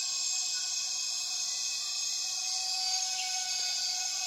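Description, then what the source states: Cicadas producing a constant shrill, buzzy wall of sound across several high pitches, with a faint brief upslurred note partway through. Many cicadas calling at dusk as the afternoon light fades, rainforest in Tawau Hills National Park, Borneo; recorded with Zoom F6 and Lom MikroUsi Pro microphones.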